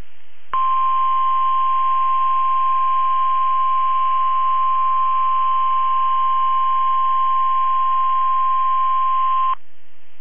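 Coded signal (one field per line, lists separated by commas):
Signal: Emergency Alert System (SAME) tones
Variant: 1050 Hz attention tone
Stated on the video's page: Several NOAA Weather Radio required weekly tests and a few required monthly tests.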